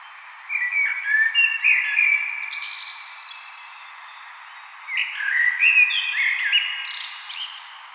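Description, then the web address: Common blackbird singing two rich, warbled fluting phrases, each closing with thin high squeaky notes, separated by about two seconds of quiet. "vogelstimmen amsel gesang nabu lars lachmann"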